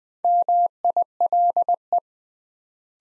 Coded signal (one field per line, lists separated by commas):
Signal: Morse code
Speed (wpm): 21 wpm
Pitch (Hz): 700 Hz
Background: none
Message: MILE